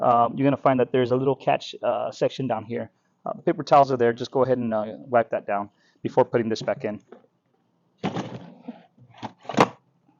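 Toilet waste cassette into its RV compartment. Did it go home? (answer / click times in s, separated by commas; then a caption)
yes / 9.6 s. Someone talks, then a plastic toilet waste cassette slides back into its bay in the wall of a 2023 Winnebago Solis 59P RV, with scraping and knocks. It latches with a sharp click at 9.6 s, and the cassette locks into place.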